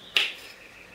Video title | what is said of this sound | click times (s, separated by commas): Fabriquer l’objet ULTIME pour rester productif (toboggan à M&M’s) | le toboggan qui devrait se clipser juste ici. | 0.2 s